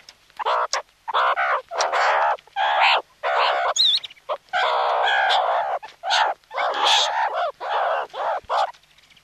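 Meerkat chatter, a string of short harsh notes and rasps with frequent brief gaps, varied in length.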